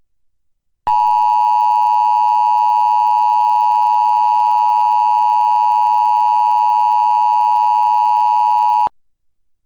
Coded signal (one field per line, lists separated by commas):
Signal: Emergency Alert System (SAME) tones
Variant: 853 and 960 Hz attention tone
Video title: EAS #549: EAS Required Weekly Test- Aug. 31, 2021- 11:28AM PDT